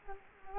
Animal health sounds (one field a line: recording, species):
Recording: mosquito wingbeat signal from an infrared sensor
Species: Culex quinquefasciatus